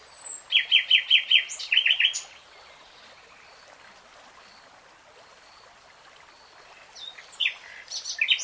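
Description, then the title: Nightingale song opening with a quick series of bright repeated notes lasting about two seconds, followed by near silence and a short new phrase near the end. Singing, from a 3-hour real-time recording. "Tiếng chim hót Nightingale Singing"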